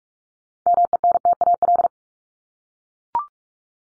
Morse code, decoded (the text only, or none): MENTAL